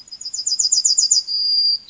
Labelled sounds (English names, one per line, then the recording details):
Yellowhammer song
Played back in forest
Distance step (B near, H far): C
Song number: 112